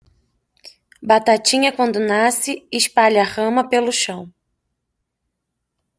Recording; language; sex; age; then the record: short text; Brazilian Portuguese; female; 20 to 29 years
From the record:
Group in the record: control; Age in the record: 27 years